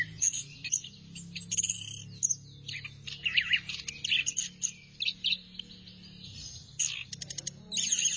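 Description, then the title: Thrush song, a rapid stream of high, varied twittering and chirped notes with quick trills, over a steady low hum. "burung anis x"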